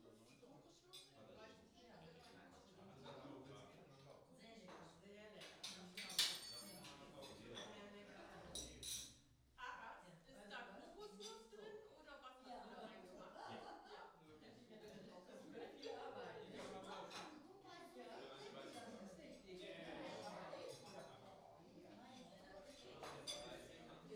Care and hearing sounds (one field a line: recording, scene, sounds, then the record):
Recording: everyday scene through a hearing-aid microphone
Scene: many people talking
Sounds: many voices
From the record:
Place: parish hall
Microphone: in the ear canal, right